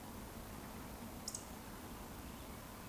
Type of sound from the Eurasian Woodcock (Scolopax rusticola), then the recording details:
whistle. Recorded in Baden-Württemberg, Germany, on 23 June 2020 at 19:44 UTC. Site 14569, 102 m above sea level